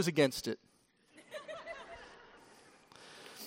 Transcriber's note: laughter!